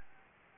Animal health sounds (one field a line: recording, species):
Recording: mosquito wingbeat signal from an infrared sensor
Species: Anopheles gambiae